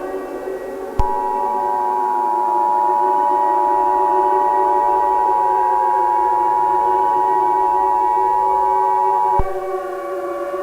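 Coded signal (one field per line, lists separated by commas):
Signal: Emergency Alert System (SAME) tones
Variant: 853 and 960 Hz attention tone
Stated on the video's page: Mock EAS broadcast for a fictional SCP scenario, made in Audacity and Movie Studio with EAS alert sound effects.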